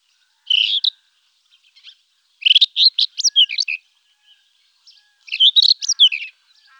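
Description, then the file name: Rufous-tailed scrub robin song, varied phrases of clear whistled and slurred notes running up and down, delivered in bursts about every two to three seconds with brief silences. "rufous bush robin"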